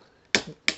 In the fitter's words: là on entend bien clic clic donc